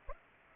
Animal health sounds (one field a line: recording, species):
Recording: mosquito wingbeat signal from an infrared sensor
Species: Aedes aegypti